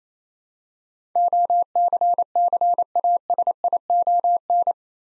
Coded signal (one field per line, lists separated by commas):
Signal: Morse code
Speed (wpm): 28 wpm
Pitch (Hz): 700 Hz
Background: none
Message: OCCASION